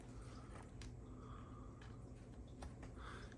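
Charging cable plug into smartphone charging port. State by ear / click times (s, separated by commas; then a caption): seated / 0.8 s. A charging cable plug is pushed into a smartphone's charging port after the port has been cleaned. A sharp click is heard at 0.8 s over a low steady background hum, with a few fainter taps and rustles after it. The plug seats firmly and sits flush against the phone's body.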